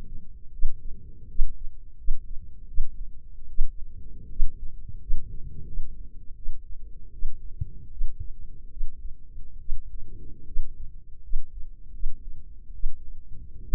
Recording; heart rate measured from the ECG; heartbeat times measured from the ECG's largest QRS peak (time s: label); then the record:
heart sounds by microphone in the left ear; 78 bpm
0.53 s: heartbeat
1.29 s: heartbeat
1.98 s: heartbeat
2.68 s: heartbeat
3.49 s: heartbeat
4.29 s: heartbeat
5.00 s: heartbeat
5.67 s: heartbeat
6.36 s: heartbeat
7.12 s: heartbeat
7.90 s: heartbeat
8.70 s: heartbeat
9.59 s: heartbeat
10.45 s: heartbeat
11.22 s: heartbeat
11.92 s: heartbeat
12.73 s: heartbeat
13.62 s: heartbeat
From the record:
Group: healthy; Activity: rest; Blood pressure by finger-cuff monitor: 119/71 mmHg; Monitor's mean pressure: 83 mmHg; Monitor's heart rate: 78 bpm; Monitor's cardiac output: 6.6 L/min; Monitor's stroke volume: 81 mL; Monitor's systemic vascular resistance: 930 dyn s/cm5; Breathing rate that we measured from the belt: 19 breaths a minute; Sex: female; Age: 23 years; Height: 160 cm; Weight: 50.4 kg